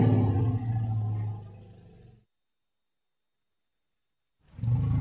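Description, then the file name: Elephant rumble, a deep low growling call lasting about two seconds that fades out, then silence before a second low rumble begins at the end. "Tieng voi keu"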